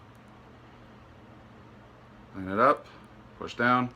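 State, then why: Not seated. A watch band end is lined up with the grooves on the other side of a Fitbit Charge 2 fitness tracker body before being pushed down into it. Someone talks over a steady low hum. Nothing has seated or clicked yet.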